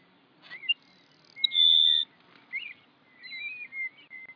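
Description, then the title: Grassland Sparrow singing: brief high introductory notes, then a flat, dry buzz lasting about half a second, followed by scattered twittering notes. Nominate subspecies humeralis. "LuckyPassaro Completos2Sama. Grassland Sparrow"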